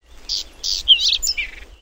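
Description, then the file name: Whinchat: a short phrase of high chirps and a clear whistled note, with a lower buzzy ending, all within under two seconds against a quiet background. Recorded 9 June 2017. "whinchat 170609"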